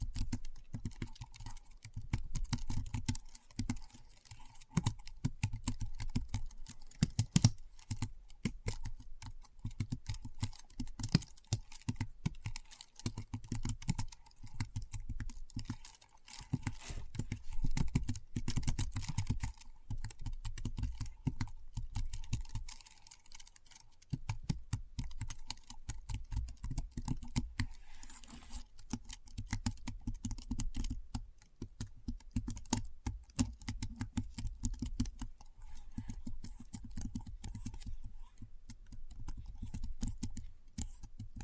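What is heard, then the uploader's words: Keyboard typing clatters in quick, irregular bursts with brief pauses, over a faint steady hum and a low, soft thump beneath. ASMR Keyboard Sounds (No Talking).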